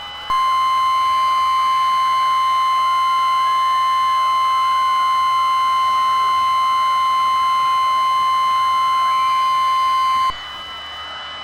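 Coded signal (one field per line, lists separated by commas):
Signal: Emergency Alert System (SAME) tones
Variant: 1050 Hz attention tone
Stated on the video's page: Fictional EAS scenario.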